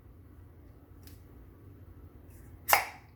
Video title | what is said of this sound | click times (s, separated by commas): Do it yourself vacuum food storage chamber, redneck style! | Did you hear it pop? Pretty cool, huh? | 2.7 s